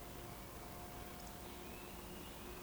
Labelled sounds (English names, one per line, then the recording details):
Eurasian Woodcock whistle
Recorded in Baden-Württemberg, Germany, on 12 June 2020 at 19:55 UTC
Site 14569, 102 m above sea level